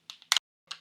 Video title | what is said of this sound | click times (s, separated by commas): It’s 1984 ... welcome to the Apple PowerPhoneXIIc (based on iPhone 12 mini) | I created these rotating discs they just snap in place | 0.3 s